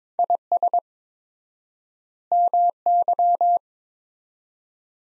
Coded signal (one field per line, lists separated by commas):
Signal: Morse code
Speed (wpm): 22 wpm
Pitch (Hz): 700 Hz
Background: none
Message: IS MY